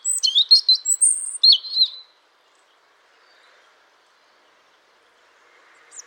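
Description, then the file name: European robin song: a two-second burst of thin, high, tumbling phrases with quick pitch jumps and sliding notes, followed by silence and a faint fresh start at the end. "Erithacus rubecula"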